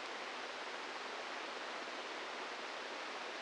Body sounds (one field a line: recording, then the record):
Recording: brain microelectrode recording played as sound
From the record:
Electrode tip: inside the subthalamic nucleus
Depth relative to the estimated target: -1 mm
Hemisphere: right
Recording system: NeuroSet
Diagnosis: Parkinson's disease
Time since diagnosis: 8 years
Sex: male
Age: 46 years